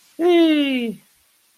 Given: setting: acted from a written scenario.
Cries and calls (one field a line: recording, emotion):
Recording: vocal sound without words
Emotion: ecstasy